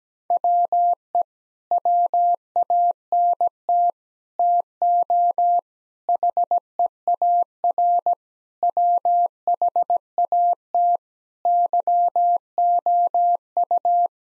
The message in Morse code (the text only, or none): WE WANT TO HEAR WHAT YOU